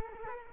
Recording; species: mosquito wingbeat signal from an infrared sensor; Culex quinquefasciatus